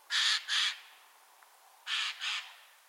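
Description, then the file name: Eurasian jay calling with two pairs of harsh, grating screeches about one and three-quarter seconds apart, with a quiet gap between the pairs. "Garrulus glandarius"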